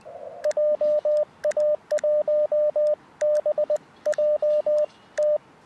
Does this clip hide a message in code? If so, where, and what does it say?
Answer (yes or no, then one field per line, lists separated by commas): yes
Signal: Morse code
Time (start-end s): 0.5-5.4 s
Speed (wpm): 20 wpm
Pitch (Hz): 600 Hz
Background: radio noise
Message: JA1BJT